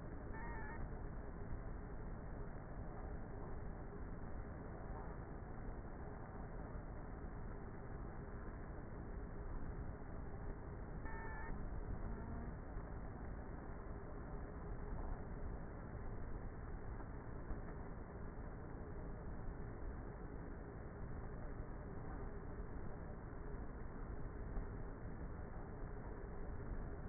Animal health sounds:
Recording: honeybee colony, microphone inside the hive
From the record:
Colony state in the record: queenless with a low population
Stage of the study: before two queens were removed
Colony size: about 30,000 bees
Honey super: no

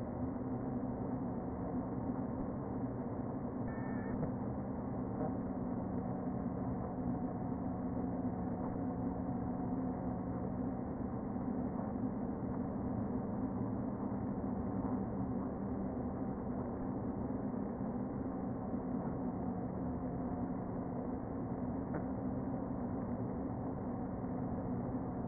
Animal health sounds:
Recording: honeybee colony, microphone inside the hive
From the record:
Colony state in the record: queen present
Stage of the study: before two queens were removed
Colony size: about 60,000 bees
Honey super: yes

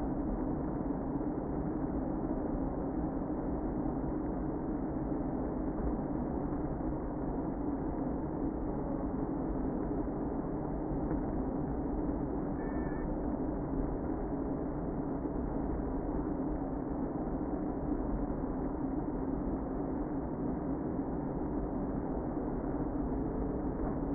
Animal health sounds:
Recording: honeybee colony, microphone inside the hive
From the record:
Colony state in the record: queen present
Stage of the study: before two queens were removed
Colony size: about 60,000 bees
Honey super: yes

